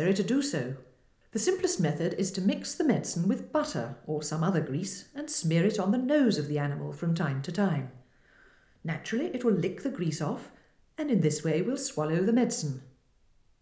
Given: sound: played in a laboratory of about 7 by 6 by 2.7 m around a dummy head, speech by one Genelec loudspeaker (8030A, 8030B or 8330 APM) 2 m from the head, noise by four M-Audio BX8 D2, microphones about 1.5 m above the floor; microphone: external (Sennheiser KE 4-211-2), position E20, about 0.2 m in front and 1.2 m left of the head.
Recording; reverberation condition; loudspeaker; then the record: female speech in English; medium; 90 degrees to the left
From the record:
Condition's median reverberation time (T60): about 510 ms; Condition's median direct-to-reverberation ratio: about -0.5 dB